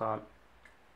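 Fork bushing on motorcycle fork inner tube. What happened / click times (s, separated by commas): The metal bushing is being handled onto the tube but has not yet seated / none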